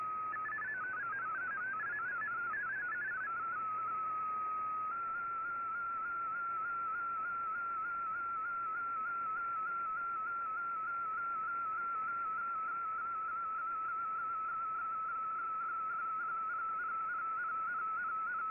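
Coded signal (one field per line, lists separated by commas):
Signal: multi-tone FSK (Olivia or MFSK type)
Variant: MFSK32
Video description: Here is my decode of the Shortwave Radiogram broadcast today on 15770Khz shortwave radio at 1300UTC in MFSK32 and 64 with 11 SSTV images.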